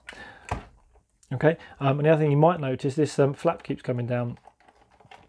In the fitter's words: it clicks into place just on this clip here.